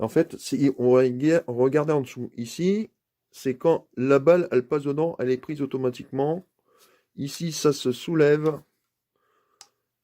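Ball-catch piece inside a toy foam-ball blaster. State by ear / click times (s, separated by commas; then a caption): seated / 9.6 s. Someone talks while lifting the plastic ball-catch piece under a Nerf Rival Vision foam-ball blaster, the part that automatically grabs the ball as it passes through, and then lets it go back. It snaps into place with a single sharp click at 9.6 s, and the catch is seated.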